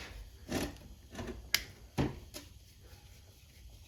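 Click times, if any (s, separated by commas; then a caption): 1.5 s. A puller is tightened on the flywheel of a Yamaha Tri Z engine, with several dull knocks and clunks heard during the work. At 1.6 s a single sharp, bright crack rings out as the flywheel breaks loose from the crankshaft taper, followed by heavier thuds around 2.0 s and 2.4 s. The flywheel is released.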